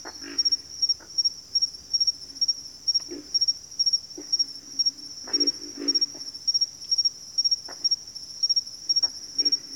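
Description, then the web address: Scattered gruff pig frog grunts, with a short double grunt midway, against a regular high insect chirping. Pig frogs calling in a bayou. "Nature Sounds The Natural Sounds of the Wilderness Echoes of Nature - Bayou Pig Frogs"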